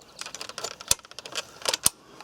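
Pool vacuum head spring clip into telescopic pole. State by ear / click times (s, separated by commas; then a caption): seated / 0.9 s, 1.9 s. A pool vacuum head is pushed onto a telescopic pole until its fixation spring pin snaps into the hole. Light rattling and tapping lead to two sharp clicks at 0.9 s and 1.9 s as the spring clip snaps in, and the vacuum head is secured on the pole.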